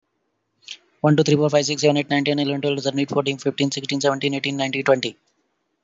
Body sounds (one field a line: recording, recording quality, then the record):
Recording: counting at a fast pace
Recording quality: moderate, slight background noise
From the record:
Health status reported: healthy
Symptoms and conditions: none ticked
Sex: male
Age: 24 years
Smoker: not ticked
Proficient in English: yes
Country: India